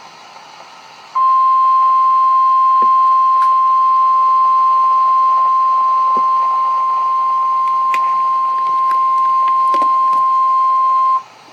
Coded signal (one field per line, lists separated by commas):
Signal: Emergency Alert System (SAME) tones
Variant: 1050 Hz attention tone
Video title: REAL EAS 1225- Severe thunderstorm watch